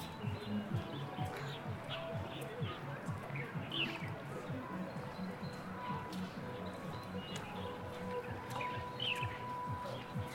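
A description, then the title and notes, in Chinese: At Ditan in Beijing, a steady murmur of many voices continues throughout, with bird chirps near four and nine seconds and faint steady hums. 城市声音。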